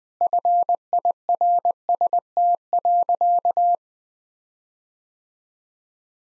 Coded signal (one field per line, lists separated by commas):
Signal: Morse code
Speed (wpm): 21 wpm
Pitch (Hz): 700 Hz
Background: none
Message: FIRST.